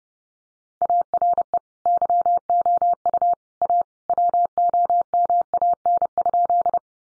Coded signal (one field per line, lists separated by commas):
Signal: Morse code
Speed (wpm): 30 wpm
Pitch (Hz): 700 Hz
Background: none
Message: ARE YOU A WOMAN?